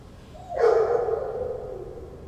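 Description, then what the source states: Dog howling: a single mournful howl begins abruptly, holds a wavering tone for about a second, then trails off gradually. Friedrichshain, Corinthstraße, Berlin, Germany, 14 September 2012; dog in a patio recorded from a rented apartment's bathroom window; barking and howling for hours.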